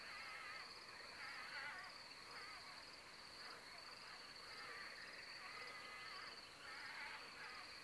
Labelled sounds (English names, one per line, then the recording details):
Carrion Crow
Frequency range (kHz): Carrion Crow 0.7-3.5 kHz
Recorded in France